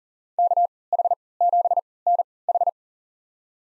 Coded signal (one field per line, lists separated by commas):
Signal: Morse code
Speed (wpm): 40 wpm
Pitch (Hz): 700 Hz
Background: none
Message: KH7NH